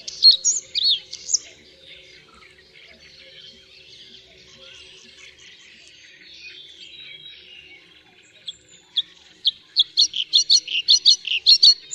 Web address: Ptaki Podróżniczek